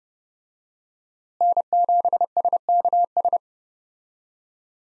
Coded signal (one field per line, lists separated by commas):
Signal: Morse code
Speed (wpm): 30 wpm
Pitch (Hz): 700 Hz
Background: none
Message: N7SKS